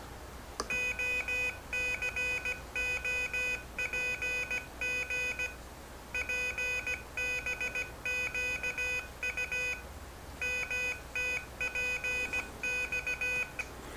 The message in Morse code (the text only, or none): OCOPG PBQU MTPX